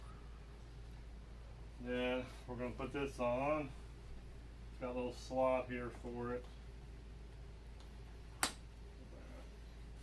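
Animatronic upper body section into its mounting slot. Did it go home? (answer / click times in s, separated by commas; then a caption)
yes / 8.4 s. Someone talks while fitting the next section of a 2022 Gemmy Jason Halloween animatronic figure from Lowe's, with a plastic frame, into a slot on the assembled lower body. A single sharp snap at 8.4 s marks the upper body section locking in place, where a small release button is needed to remove it.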